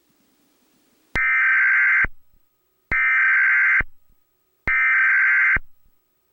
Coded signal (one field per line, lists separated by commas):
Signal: Emergency Alert System (SAME) tones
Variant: header bursts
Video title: Hijacked EAS Message 12.20.2020